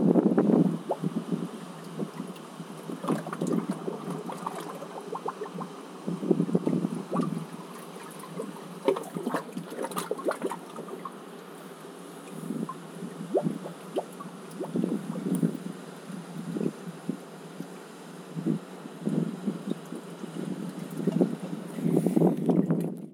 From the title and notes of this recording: Sea Cave, Wales - August 2020. Water laps against the rocks.